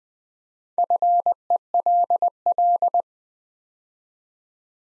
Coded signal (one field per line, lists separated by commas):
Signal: Morse code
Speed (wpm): 20 wpm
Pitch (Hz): 700 Hz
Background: none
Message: FELL